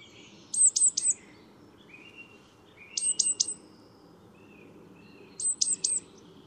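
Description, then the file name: Great tit calls, short bursts of three or four very high, quick notes repeated about every two and a half seconds, with soft lower tones and a low steady background hum. "Parus major"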